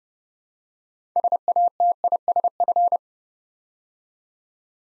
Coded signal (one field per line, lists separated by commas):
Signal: Morse code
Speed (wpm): 30 wpm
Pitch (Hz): 700 Hz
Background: none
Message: SATISF